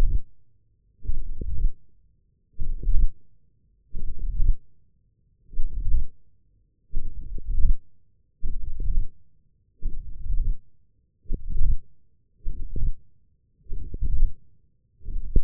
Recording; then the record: forearm muscle sounds (acoustic myography)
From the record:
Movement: hand opening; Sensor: system 1, eight BSWA MPA416 microphones around the upper forearm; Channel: 5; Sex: male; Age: 20 years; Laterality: left